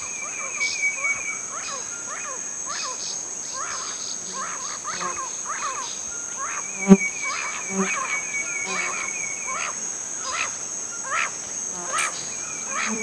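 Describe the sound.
Bird calls, many short downslurred chirps repeated irregularly over a steady high insect-like whine, with one sharp knock midway.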